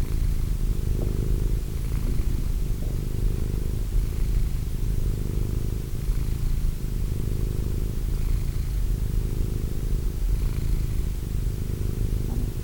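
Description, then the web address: Cat purring at length, a deep even drone that surges and fades with each breath, steady throughout. Cat named Wilson. "~pelikas CATSOUNDS Wilson Cat"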